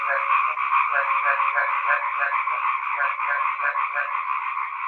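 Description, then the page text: East Asian bullfrog croaking steadily, a dense run of nasal pulsed croaks about three each second, overlapping without pause throughout. "虎皮蛙叫声"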